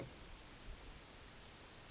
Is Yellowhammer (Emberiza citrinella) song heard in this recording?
no